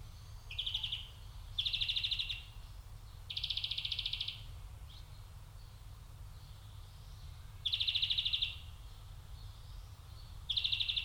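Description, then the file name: European greenfinch giving several brief rattling trills separated by irregular pauses. "Chloris chloris"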